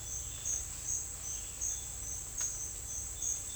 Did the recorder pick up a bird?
no